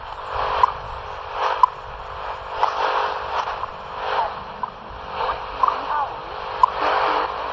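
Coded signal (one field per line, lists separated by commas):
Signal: radio time signal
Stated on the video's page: Picked up during an ETM scan on a Tecsun PL-368 shortwave receiver at a mountain location just before local sunset.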